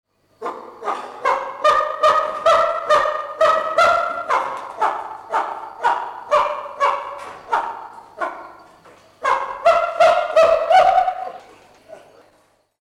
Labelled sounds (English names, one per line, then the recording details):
Chimpanzee
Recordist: Tembrock, Günter
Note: Erregungsrufe eines Weibchens